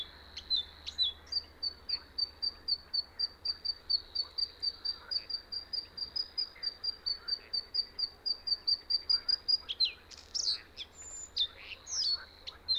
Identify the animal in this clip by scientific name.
Luscinia svecica